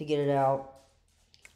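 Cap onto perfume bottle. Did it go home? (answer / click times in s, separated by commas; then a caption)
yes / 1.3 s, 1.5 s. Someone talks, then a fragrance cap is pressed onto a Guerlain L'Homme Idéal EDP perfume bottle, giving two short, sharp snaps at 1.3 s and 1.5 s. The cap is not magnetic and holds by friction, taking a small tug to pull off, and it snaps on and seats.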